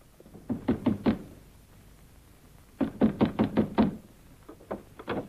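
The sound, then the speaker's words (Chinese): Knocking on the wooden door of Yang Laozong's house in three sharp bursts of rapid raps, first four, then a longer run of six, then a softer trailing set, each hit a dull, resonant thud. “开门的正是杨老宗，没等他认出是谁，李向阳已经把他收拾了。”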